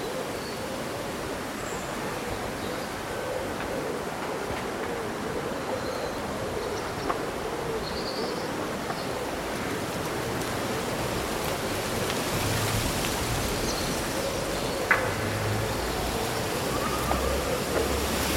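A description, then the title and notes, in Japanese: Leaves rustle steadily in a summer breeze, a dense, even wash of sound that holds level throughout. Faint bird chirps appear now and then, with a few brief knocks, including a sharper one near fifteen seconds, and some low rumbling late on. そよ風の吹く夏の日、ざわめく葉と鳥のさえずり。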